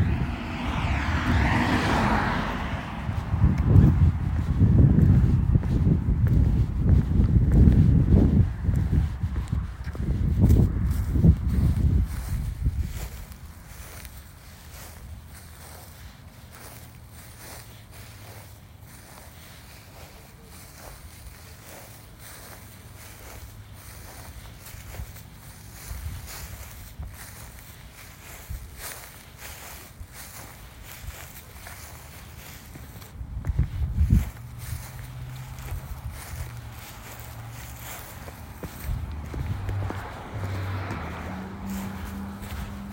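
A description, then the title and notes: An outdoor spring scene opens with a heavy rumble that fills the first dozen seconds, then drops away. A quiet background follows, dotted with frequent short ticks and clicks, before brief low thuds and rumbling return near the end. Our team decided to take a walk outdoors to capture the sounds of spring around us.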